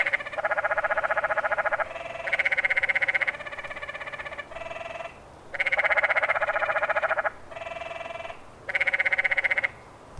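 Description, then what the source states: Several canyon tree frogs trill in overlapping, fast pulsed bursts, some louder and some softer, alternating with brief quiet gaps. Several male canyon tree frogs calling in windy conditions.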